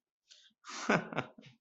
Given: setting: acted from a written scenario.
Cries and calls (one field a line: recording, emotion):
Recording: vocal sound without words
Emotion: amusement